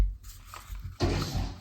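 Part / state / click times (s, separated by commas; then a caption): syringe into autoinjector aid / not seated / none. A filled plastic syringe is handled and pushed toward the loading slot of a spring-loaded autoinjector aid, making soft scraping and rustling handling sounds with a brief tap at 0.5 seconds and a louder broadband rustle from about 1.0 second onward. The syringe has not clicked or seated into the aid yet.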